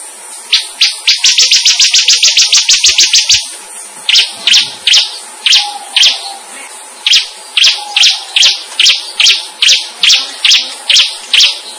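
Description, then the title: Bird chirping: a fast burst of many high, sharp chirps in the first few seconds, then spaced single chirps over a steady high hiss. "SuaraBurung Kicau"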